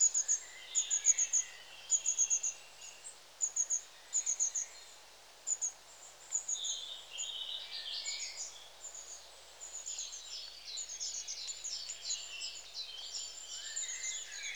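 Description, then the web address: Long-tailed tit calls: crisp short bursts of very high thin notes at first, then overlapping buzzy, rippling calls toward the end. "BBC Sound Effects Library. Long Tailed TIT"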